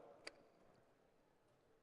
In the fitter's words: get a nice satisfying click